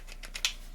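A quick-detach sling swivel is pushed into the QD socket on a rifle stock and snaps into place. Two faint light taps at 0.1 and 0.4 s come before one sharp, bright click at 0.5 s, which seats the swivel.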